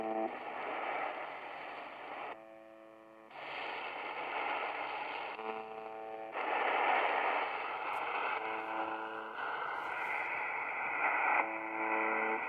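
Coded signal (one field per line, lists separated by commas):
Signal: channel marker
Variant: UVB-76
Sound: harsh low buzzes repeating every two to three seconds under heavy static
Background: radio static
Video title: Tecsun PL-310ET UVB-76/The Buzzer 4625Khz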